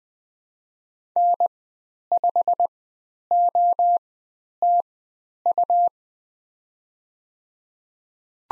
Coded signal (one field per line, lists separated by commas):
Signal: Morse code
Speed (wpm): 20 wpm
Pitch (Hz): 700 Hz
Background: none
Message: N5OTU